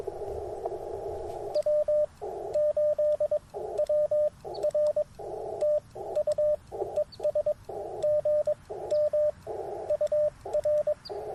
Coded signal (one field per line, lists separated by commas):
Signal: Morse code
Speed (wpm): 22 wpm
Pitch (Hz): 600 Hz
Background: radio noise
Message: W8WR TU ES GM UR